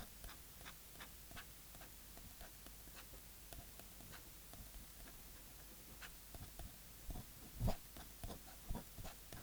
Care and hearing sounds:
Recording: daily activity, guitar pickup as the sensor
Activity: write

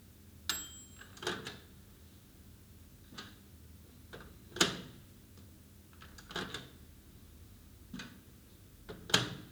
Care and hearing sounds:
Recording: daily activity, guitar pickup as the sensor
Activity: use microwave

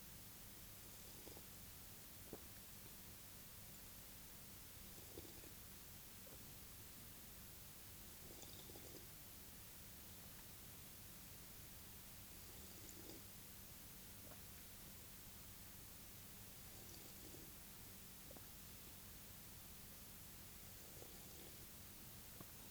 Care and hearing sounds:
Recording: daily activity, guitar pickup as the sensor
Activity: drink water

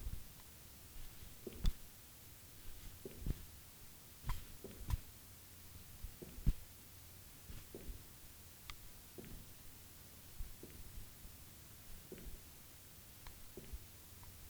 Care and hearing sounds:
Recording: daily activity, guitar pickup as the sensor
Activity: jump

